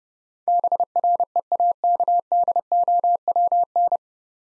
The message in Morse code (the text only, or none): BREAKDOWN